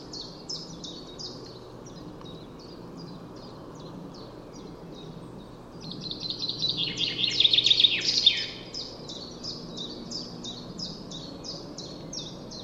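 Common chaffinch calling: a loud run of high, falling notes with a dense rattle near the end, set against continuous fainter chirps repeating several times per second.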